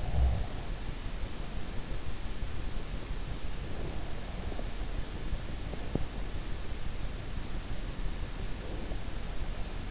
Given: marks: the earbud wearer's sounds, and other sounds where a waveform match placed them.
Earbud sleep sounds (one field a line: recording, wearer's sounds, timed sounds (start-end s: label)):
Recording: sounds in sleep by an in-ear microphone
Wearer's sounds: breath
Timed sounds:
0.00-0.48 s: breath